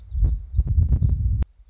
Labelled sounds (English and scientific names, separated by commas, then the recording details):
Black-throated Gray Warbler (Setophaga nigrescens)
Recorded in Sonoma County, California